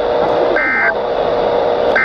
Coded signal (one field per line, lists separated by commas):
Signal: Emergency Alert System (SAME) tones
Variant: end-of-message bursts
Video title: EAS #365 - Required Weekly Test